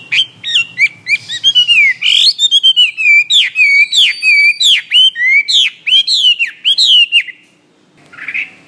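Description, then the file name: Hwamei song: a rapid, loud run of rich, varied whistles, many sharply rising and falling, delivered almost without pause before a brief quiet gap. "omkicau hwamey"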